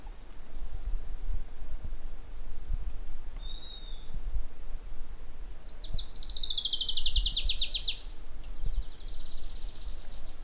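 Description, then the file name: Adelaide's warbler song: a rapid, high trill of about two seconds that broadens and falls slightly, then softer high notes; a faint high whistle earlier and low thumping noise throughout. Recorded in Guánica State Forest, Puerto Rico, on 8 March 2014 at 08:15. "Adelaides Warbler song. US PR Guanica SF"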